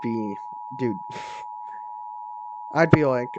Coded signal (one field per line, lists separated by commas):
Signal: Emergency Alert System (SAME) tones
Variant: 853 and 960 Hz attention tone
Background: speech